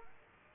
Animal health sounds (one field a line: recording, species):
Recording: mosquito wingbeat signal from an infrared sensor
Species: Aedes aegypti